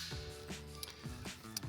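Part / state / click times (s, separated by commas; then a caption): pivot clip on solenoid to outlet tube / seated / 0.8 s, 1.6 s. On a Delta Touch2O kitchen faucet, after the solenoid has been pushed onto the outlet tube, the pivot clip is swung into position over a steady tonal background. Two sharp clicks at 0.8 s and 1.6 s mark the pivot clip snapping into place, seating the solenoid on the outlet tube.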